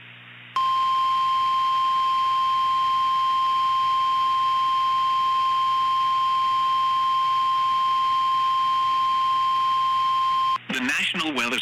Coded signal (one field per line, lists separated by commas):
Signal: Emergency Alert System (SAME) tones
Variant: 1050 Hz attention tone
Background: speech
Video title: "CLINTON" [Tornado EAS Scenario]